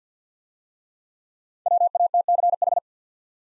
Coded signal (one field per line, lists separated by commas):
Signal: Morse code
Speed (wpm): 47 wpm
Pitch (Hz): 700 Hz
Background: none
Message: WATCH